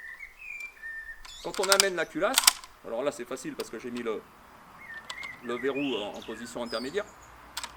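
The straight-pull bolt of a 130-year-old Schmidt-Rubin 1889 Swiss rifle is brought forward into the receiver, moving easily because its lock is set in the intermediate position. Someone talks throughout, with a few brief sharp ticks near 5.1 and 7.6 seconds. The clip ends before the bolt closes and locks, so nothing has seated or clicked yet.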